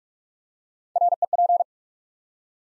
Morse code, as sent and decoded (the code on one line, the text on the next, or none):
.-. . .--.
REP